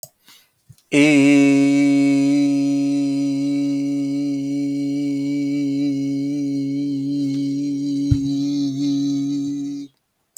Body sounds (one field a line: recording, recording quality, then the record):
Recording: sustained vowel as in beet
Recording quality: excellent, no background noise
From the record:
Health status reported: exposed to COVID-19, no respiratory illness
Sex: male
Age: 26 years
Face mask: not worn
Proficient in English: yes